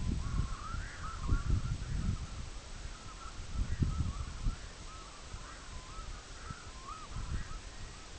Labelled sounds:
Red-throated Loon (Gavia stellata), unidentified sound
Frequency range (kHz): Red-throated Loon (Gavia stellata) 0.1-2.6 kHz
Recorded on Arctic tundra, site EABA-MC, on 24 June 2019
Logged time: 12:00

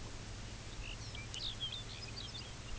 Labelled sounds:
Lapland Longspur (Calcarius lapponicus)
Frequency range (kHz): Lapland Longspur (Calcarius lapponicus) 1.7-7.1 kHz
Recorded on Arctic tundra, site UTQI-0, on 17 June 2019
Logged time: 18:00

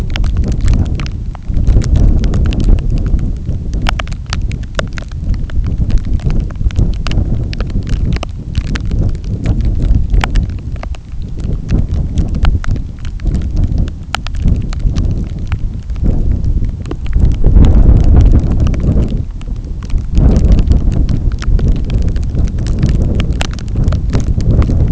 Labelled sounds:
none
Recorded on Arctic tundra, site NAIT-1, on 27 June 2019
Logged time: 00:00

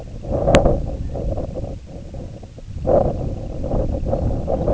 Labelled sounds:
Semipalmated Sandpiper (Calidris pusilla), unidentified sound
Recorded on Arctic tundra, site IGLO-A, on 20 June 2018
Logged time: 07:59

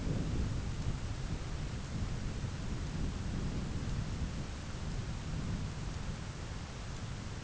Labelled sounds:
none
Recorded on Arctic tundra, site ZACK-1, on 11 June 2019
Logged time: 11:49

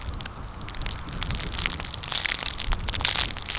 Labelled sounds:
none
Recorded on Arctic tundra, site CORI-1, on 15 June 2018
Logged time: 10:00

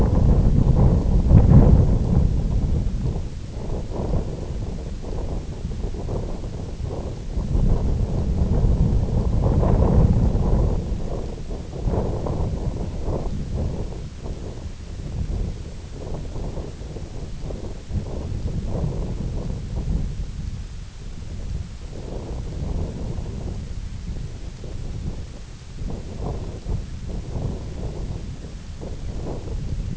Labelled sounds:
none
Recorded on Arctic tundra, site IGLO-F, on 18 June 2018
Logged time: 22:00

